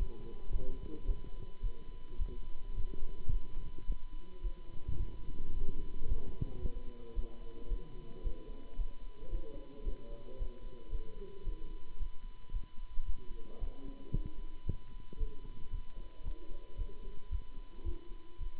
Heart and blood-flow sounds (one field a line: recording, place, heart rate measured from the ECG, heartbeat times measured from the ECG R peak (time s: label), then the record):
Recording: heart sounds by stethoscope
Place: between the tricuspid and mitral areas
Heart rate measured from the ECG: 111 bpm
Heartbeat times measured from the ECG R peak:
0.50 s: heartbeat
1.05 s: heartbeat
1.61 s: heartbeat
2.17 s: heartbeat
2.73 s: heartbeat
3.29 s: heartbeat
3.85 s: heartbeat
4.41 s: heartbeat
4.96 s: heartbeat
5.51 s: heartbeat
6.05 s: heartbeat
6.59 s: heartbeat
7.13 s: heartbeat
7.67 s: heartbeat
8.21 s: heartbeat
8.75 s: heartbeat
9.28 s: heartbeat
9.82 s: heartbeat
10.36 s: heartbeat
10.88 s: heartbeat
11.43 s: heartbeat
11.96 s: heartbeat
12.50 s: heartbeat
13.03 s: heartbeat
13.57 s: heartbeat
14.11 s: heartbeat
14.64 s: heartbeat
15.17 s: heartbeat
15.69 s: heartbeat
16.22 s: heartbeat
16.75 s: heartbeat
17.29 s: heartbeat
17.82 s: heartbeat
18.36 s: heartbeat
From the record:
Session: Bruce protocol treadmill stress test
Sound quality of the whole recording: good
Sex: male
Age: 26 years